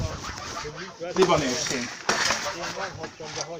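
A goose cackles in a rapid series of nasal, mid-pitched honks, fairly loud and uneven in rhythm, with a couple of sharp rustling bursts breaking in.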